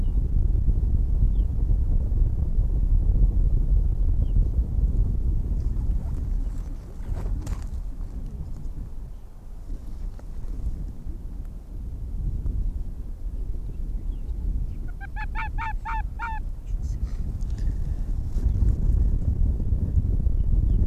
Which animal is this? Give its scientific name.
Vulpes lagopus